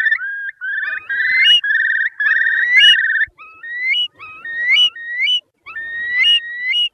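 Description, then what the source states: Curlew calling: rising whistles mixed with bubbling trills, then a series of separate upslurred whistles, each ending in a sharp upward flick. Filtered.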